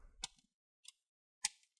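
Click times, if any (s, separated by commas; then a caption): 0.2 s, 0.9 s, 1.4 s. An opening tool is pushed between the top and bottom plastic covers at the front of an HP Pavilion 14 DQ 1xxx series laptop and twisted outward to open it for a battery replacement. The plastic bottom cover's retaining clips pop free from the top case with sharp clicks at 0.2 s, 0.9 s and 1.5 s. The cover clips are released.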